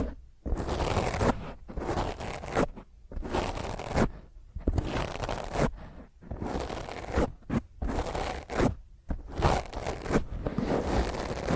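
Fingernails scratch roughly across a microphone in hard, dense bursts, each a harsh grinding scrape running from deep rumble up to bright hiss. The strokes last about a second each with brief silent gaps between, coming irregularly, some quick and clipped around eight seconds.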